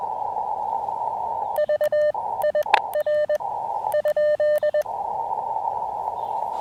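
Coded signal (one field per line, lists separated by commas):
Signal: Morse code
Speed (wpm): 21 wpm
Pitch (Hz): 590 Hz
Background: none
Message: VIR?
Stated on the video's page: Parks on the Air activation with an Elecraft KX2, KXPD2 paddles and AX1 antenna during rough band conditions.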